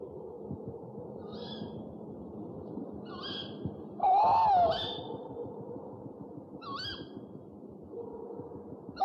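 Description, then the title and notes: Owl calls: faint, high, brief notes scattered throughout, with one louder wavering hoot that rises and falls in the middle. One of 69 call variants from 11 owl species in a compilation of owl voices. "Sovy - Eulen - Owls. 69 variant hlasů - 11 druhů sov"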